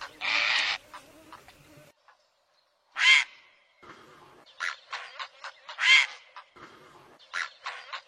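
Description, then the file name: Great blue heron uttering coarse squawks mixed with dry clicking and short guttural notes, loud calls recurring roughly every three seconds. "Canto do garca azul grande"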